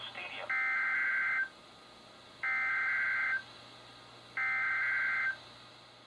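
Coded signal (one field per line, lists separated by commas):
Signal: Emergency Alert System (SAME) tones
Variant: header bursts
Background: speech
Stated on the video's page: Marine warnings and tests from NOAA weather radio station KHB36, received on multiple weather radios.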